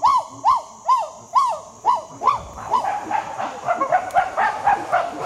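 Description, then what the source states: Chimpanzee grunts: a run of six arched, hooting calls at about two per second, then a jumble of softer overlapping grunts. In the Sebitoli forest, Uganda, chimpanzees already on the ground greet a dominant male with grunts that show respect as he comes down and passes them.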